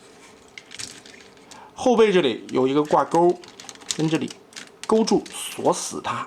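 A plastic part on the yellow front section of a combining robot toy (a Brave-series DX Weiba Dilong) is pressed into its mating slot and snaps into place with a sharp click at 0.6 s, followed by a few smaller clicks. Someone then talks over the quiet background.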